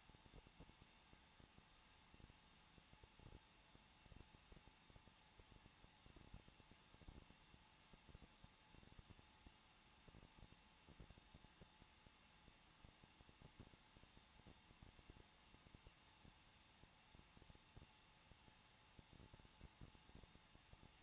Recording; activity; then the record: daily activity, microphone in the room; no activity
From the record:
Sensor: 1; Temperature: 20.1 degrees Celsius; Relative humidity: 39.4%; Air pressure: 1006.4 hPa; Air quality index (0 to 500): 220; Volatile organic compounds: 83 ppm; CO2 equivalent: 3630 ppm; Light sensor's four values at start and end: 1/2/1/1 and 1/2/1/1